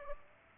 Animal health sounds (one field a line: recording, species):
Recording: mosquito wingbeat signal from an infrared sensor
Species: Aedes aegypti